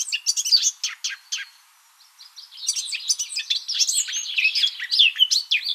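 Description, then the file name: Eurasian blackcap song, sharp chattering notes, a brief lull, then a dense, fast flow of twittering and whistled phrases. "Sylvia atricapilla"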